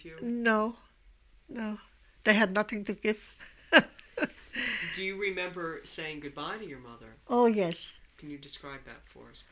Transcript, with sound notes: No, no. They had nothing to give. ( she laughs )
Do you remember saying goodbye to your mother?
Oh, yes.
Can you describe that for us, please.